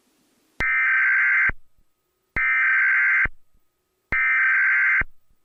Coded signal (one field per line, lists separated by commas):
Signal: Emergency Alert System (SAME) tones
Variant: header bursts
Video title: EAS Scenario #3: The Minecraft Disaster